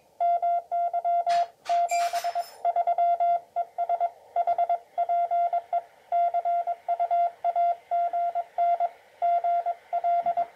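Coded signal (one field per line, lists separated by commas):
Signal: Morse code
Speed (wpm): 21 wpm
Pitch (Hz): 690 Hz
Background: radio noise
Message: MY 73 ES HPE CUAGN GL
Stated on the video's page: Morse received on a short 25 ft portable 8-band doublet antenna erected only 4 m above ground.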